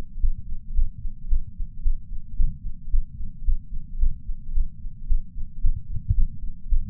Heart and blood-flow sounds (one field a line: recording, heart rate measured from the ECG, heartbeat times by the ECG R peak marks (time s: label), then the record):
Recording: heart sounds by patch sensor on the chest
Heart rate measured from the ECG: 111 bpm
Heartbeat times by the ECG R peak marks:
0.20 s: heartbeat
0.73 s: heartbeat
1.28 s: heartbeat
1.82 s: heartbeat
2.36 s: heartbeat
2.90 s: heartbeat
3.44 s: heartbeat
3.98 s: heartbeat
4.52 s: heartbeat
5.07 s: heartbeat
5.61 s: heartbeat
6.14 s: heartbeat
6.68 s: heartbeat
From the record:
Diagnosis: coronary artery disease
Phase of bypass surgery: postoperative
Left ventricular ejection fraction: 71.2%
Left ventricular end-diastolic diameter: 40 mm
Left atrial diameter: 32 mm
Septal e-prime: 7.5 cm/s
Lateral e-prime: 10.9 cm/s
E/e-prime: 8.9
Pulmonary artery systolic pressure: 32 mmHg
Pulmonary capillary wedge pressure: 12 mmHg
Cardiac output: 5.45 L/min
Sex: female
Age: 65 years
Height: 153 cm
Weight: 51.5 kg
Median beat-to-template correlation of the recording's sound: 0.91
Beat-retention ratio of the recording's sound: 0.96